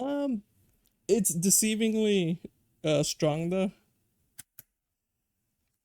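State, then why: Seated. Someone talks, then a keyboard part is pressed into a Melgeek Mojo84 mechanical keyboard case during a build. A faint tick at 4.4 s is followed by a sharp click at 4.6 s as the part snaps into place and seats.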